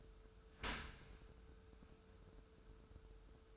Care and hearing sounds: daily activity, microphone in the room; open dishwasher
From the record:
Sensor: 2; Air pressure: 1014.8 hPa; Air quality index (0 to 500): 24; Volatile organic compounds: 0 ppm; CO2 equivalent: 499 ppm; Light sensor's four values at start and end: 10/22/9/9 and 10/22/9/9

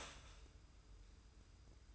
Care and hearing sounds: daily activity, microphone in the room; start toaster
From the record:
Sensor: 2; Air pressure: 990.5 hPa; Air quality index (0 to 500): 164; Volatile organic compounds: 818 ppm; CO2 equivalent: 5145 ppm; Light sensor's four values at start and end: 28/66/27/27 and 28/66/27/27

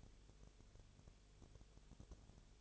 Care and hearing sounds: daily activity, microphone in the room; no activity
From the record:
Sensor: 4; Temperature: 22.0 degrees Celsius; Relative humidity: 29.4%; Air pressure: 1002.1 hPa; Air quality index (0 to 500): 60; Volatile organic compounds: 1 ppm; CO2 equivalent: 611 ppm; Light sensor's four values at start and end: 2/3/1/1 and 2/3/1/1

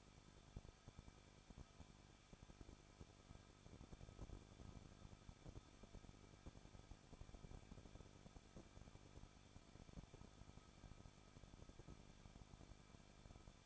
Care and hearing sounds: daily activity, microphone in the room; no activity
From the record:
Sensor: 5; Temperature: 20.8 degrees Celsius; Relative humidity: 38.2%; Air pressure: 1006.5 hPa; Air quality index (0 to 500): 187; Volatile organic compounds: 18 ppm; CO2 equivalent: 2620 ppm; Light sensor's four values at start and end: 2/3/1/1 and 2/3/1/1

